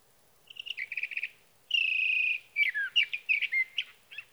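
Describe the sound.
Sage thrasher singing a quick buzzy trill, a drawn-out steady whistle, then tumbling slurred warbled phrases; otherwise quiet.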